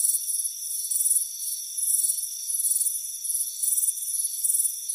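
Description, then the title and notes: Cricket chirping: high, pulsed bursts repeating over a steady, thin whine of several high tones. Warm afternoon on a front porch; crickets presented as soothing relaxation and sleep sound. "Soothing Crickets Chirping Sound. It's a warm afternoon as you relax in a hammock on the front porch. Relax and fall asleep to the soothing sound of chirping crickets. Deep Sleep Sounds"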